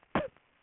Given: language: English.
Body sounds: throat vibration sensor signal played as sound; cough

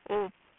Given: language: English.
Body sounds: throat vibration sensor signal played as sound; speech

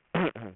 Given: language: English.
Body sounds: throat vibration sensor signal played as sound; throat clearing

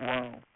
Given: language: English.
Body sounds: throat vibration sensor signal played as sound; speech

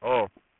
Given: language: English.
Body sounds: throat vibration sensor signal played as sound; speech

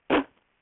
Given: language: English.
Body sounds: throat vibration sensor signal played as sound; cough

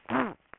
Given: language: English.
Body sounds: throat vibration sensor signal played as sound; throat clearing

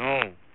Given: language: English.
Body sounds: throat vibration sensor signal played as sound; speech

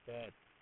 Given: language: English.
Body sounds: throat vibration sensor signal played as sound; speech

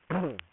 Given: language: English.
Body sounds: throat vibration sensor signal played as sound; throat clearing

